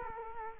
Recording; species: mosquito wingbeat signal from an infrared sensor; Culex quinquefasciatus